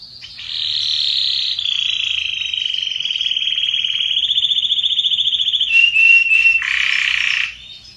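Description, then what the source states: Canary delivering an unbroken series of fast trilled tours, each at a slightly different pitch, then sharp chopped notes and a dense buzzy phrase before fading. Song of a red Belgian canary.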